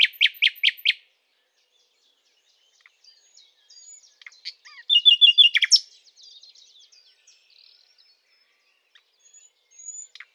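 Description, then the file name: Common nightingale song, opening with loud repeated sharp notes, then soft whistles and a brief fast trill, with quiet notes between. "Luscinia megarhynchos"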